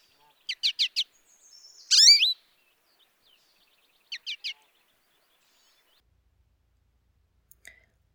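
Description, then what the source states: American Goldfinch calls: a fast four-note chip series, a loud rising wheezy note, then three more chips. Two calls of this bird: the peppy potato chip or pochigree call and the rising, wheezy siree.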